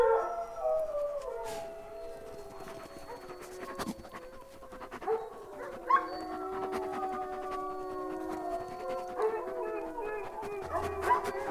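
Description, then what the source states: Wolf: wolves howling, softer wavering overlapping howls with short rising yips, interrupted by scattered clicks and crackling noise. Wolves howling at the moon.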